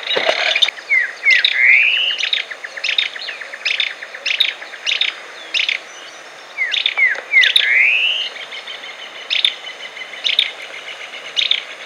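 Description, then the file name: Barullero calls: quick runs of dry, high chattering notes and a few upslurred squeaky phrases, repeated throughout over steady background hiss. "barullero voz"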